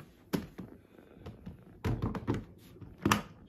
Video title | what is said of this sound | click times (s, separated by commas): How To Use A Rug Doctor Rug Shampoo Rental From Walmart | and then we're just gonna put this back in snaps | 3.1 s